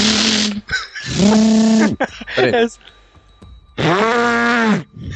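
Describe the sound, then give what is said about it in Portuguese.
A voice imitates the gun burst of a Little Bird helicopter in a video game with loud, buzzy, rasping vocal blasts: a long droning one, a short sputtery break, then another sustained buzzing burst that trails off. “É, foda, porque se você pega um Little Bird lá, você tem que atirar e controlar, e você tem que fazer aquela rajada de...”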